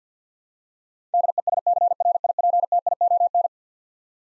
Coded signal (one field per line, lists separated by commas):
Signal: Morse code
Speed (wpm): 50 wpm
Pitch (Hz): 700 Hz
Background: none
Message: DESCRIPTION